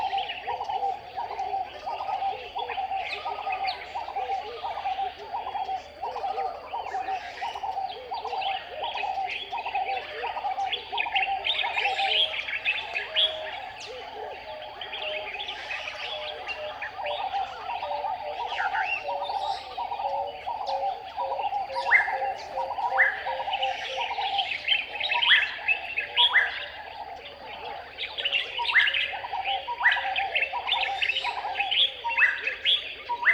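A dense morning bird chorus on an island, with doves cooing in a steady, repeating pulse low in the mix throughout. Above them, many bright chirps and calls overlap continuously, swelling in places, with a faint high steady whine in the background.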